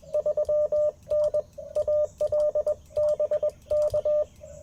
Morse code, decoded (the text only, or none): 3N ALBK